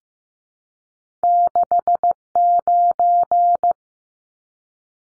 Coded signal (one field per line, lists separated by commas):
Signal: Morse code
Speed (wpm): 15 wpm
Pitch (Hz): 700 Hz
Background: none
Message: 69